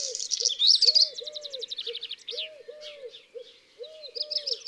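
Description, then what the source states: Eurasian Collared Dove song, a steadily repeated three-note coo, under bright chattering and trills from other birds. Song, fourth of six garden-bird species in a recognition exercise.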